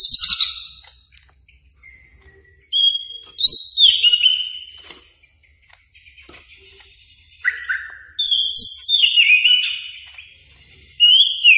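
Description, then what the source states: Greater green leafbird song: varied bright whistled notes, downslurs and squeaky chips in separate bursts with short silent gaps between phrases. Singing described as 'gacor', meaning vigorous, persistent singing.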